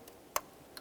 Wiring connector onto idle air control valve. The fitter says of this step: listen for that click give it a little tug to make sure that's secure